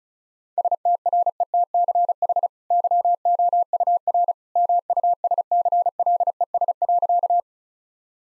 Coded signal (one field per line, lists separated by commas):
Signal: Morse code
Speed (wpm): 34 wpm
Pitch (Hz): 700 Hz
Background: none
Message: STRETCH YOUR MUSCLES.